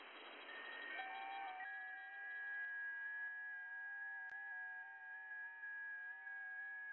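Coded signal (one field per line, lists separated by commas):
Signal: FT8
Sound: several steady, quietly warbling tones at once, like faint overlapping organ notes, after hiss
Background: radio static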